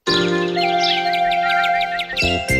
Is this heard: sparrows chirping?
yes